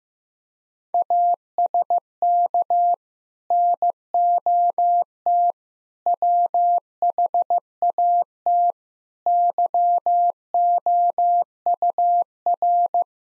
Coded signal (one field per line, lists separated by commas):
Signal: Morse code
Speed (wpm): 16 wpm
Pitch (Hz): 700 Hz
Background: none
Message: ASK NOT WHAT YOUR